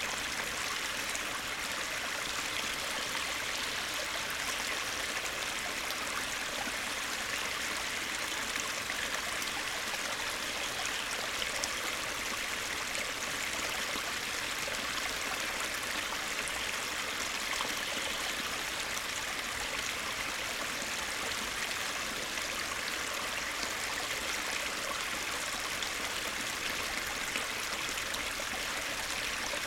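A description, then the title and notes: Water flows steadily along a creek, a dense, even rush that stays bright from start to finish. The sound barely changes over the half minute, a constant hiss and babble with no distinct events standing out above it. Bear Creek in the Morning.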